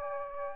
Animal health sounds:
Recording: mosquito wingbeat signal from an infrared sensor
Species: Aedes aegypti

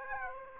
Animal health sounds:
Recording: mosquito wingbeat signal from an infrared sensor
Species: Aedes aegypti

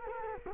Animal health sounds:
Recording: mosquito wingbeat signal from an infrared sensor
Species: Culex quinquefasciatus

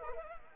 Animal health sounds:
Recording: mosquito wingbeat signal from an infrared sensor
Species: Anopheles arabiensis

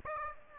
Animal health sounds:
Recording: mosquito wingbeat signal from an infrared sensor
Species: Aedes aegypti

